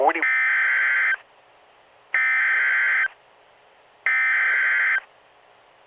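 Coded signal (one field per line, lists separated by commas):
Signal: Emergency Alert System (SAME) tones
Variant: header bursts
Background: speech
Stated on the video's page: Fictional EAS scenario compilation styled as NOAA weather radio alerts, recorded on a phone via noaaweatherradio.org; not a real alert.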